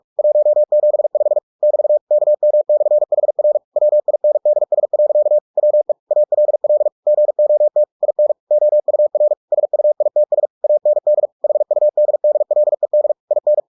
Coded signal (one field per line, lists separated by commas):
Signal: Morse code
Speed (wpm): 46 wpm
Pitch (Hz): 600 Hz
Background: none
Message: 175 <BT> KM/HR WINDS. WE ALL GOT IN OUR SUITS AND HUDDLED IN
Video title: The Martian by Andy Weir in Morse code - 45WPM - Chapter 1